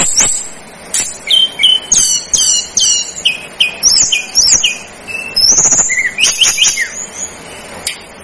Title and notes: Masteran Tledekan Gunung Sikatan Gunung. BURUNG TLEDEKAN